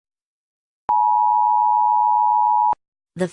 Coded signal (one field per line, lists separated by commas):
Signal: Emergency Alert System (SAME) tones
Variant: 853 and 960 Hz attention tone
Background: speech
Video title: EAS scenario 2, The White Death